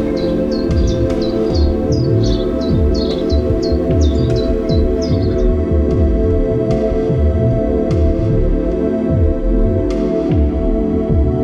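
Birds call in quick repeated chirps, a fast regular series of short high notes through the first half, then fade to a few scattered clicks. Under them runs a loud, steady low hum with a rumbling, throbbing texture that never lets up.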